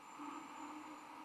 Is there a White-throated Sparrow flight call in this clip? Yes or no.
no